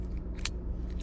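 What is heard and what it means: A metal emergency door key is pushed back into the key fob housing of a 2024–2027 4th-gen Toyota Tacoma, after the fob's battery was replaced. A faint tick at 0.4 s is followed by a sharp click at 0.5 s, over a steady low hum. The key latches into the fob, showing the job was done right.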